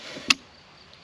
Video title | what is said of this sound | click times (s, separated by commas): 80 mètres avec une Arbalète ? possible ? | T'as entendu le petit clac? Donc là, on est bon. | 0.3 s